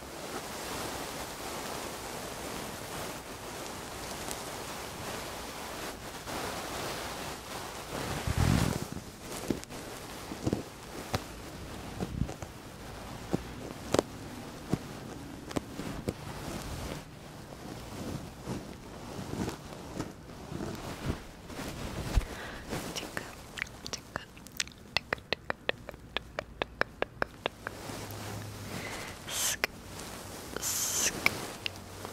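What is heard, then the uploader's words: Fluffy ear muffs rub and scratch against the mic in a soft, steady hiss broken by thuds and crackles. Strong bumps land around eight and twelve seconds. After about twenty-five seconds, quick sharp scratches and clicks come in rapid bursts. ASMR 3dio FLUFFY Mic Scratching & Ear Massage. Ear Muffs on the Mic.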